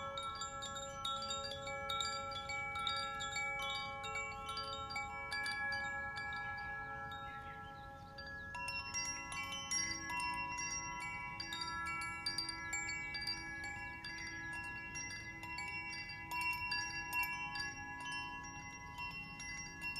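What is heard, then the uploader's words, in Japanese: Chimes ring continuously in an open park, their bright overlapping tones sustaining throughout, with a fresh cluster of strikes around eight seconds. ザフィアチャイム。早朝の空気の澄んだ森林公園でチャイムを演奏しました。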